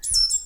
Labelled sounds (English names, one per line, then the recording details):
Stitchbird song
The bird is a male
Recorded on Tiritiri Matangi Island, New Zealand, in 2005
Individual 4, of nest box 4